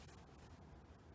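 A Chevrolet Camaro fuel filler door is held at the car body opening while its tab is lined up with the groove before it is pushed home. Only a steady, low, broadband rumble is heard, with no sharp transients. Nothing has seated or clicked yet.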